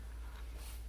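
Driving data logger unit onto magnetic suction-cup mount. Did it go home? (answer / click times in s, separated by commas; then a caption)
no / none. An APEX Pro data-logger unit is handled as it is brought toward its magnetic suction-cup mount, to be pressed on so it snaps in place. A steady low hum runs under faint rustling handling noise, with no distinct hits. Nothing has seated or clicked yet.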